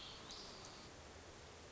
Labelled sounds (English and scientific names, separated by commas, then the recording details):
Hermit Thrush (Catharus guttatus)
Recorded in Sonoma County, California